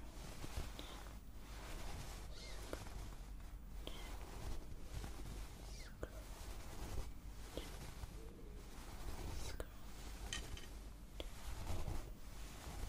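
Scalp massage sounds, layered: a steady rustling, scratchy texture of fingers moving through hair fills the whole stretch, with a strong low rumble underneath. Brief brighter scrapes and soft clicks pop up every second or so, irregular but continuous.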